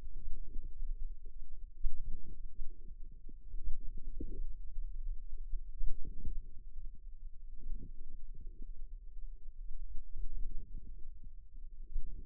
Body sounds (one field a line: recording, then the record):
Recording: forearm muscle sounds (acoustic myography)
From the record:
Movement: wrist flexion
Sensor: system 2, bracelet of six BSWA MPA416 microphones around the upper forearm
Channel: 1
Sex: female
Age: 22 years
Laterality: right